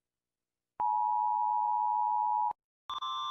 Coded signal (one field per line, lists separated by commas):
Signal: Emergency Alert System (SAME) tones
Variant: 853 and 960 Hz attention tone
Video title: Rating EAS Alarms Part 29: Finale Of Season 1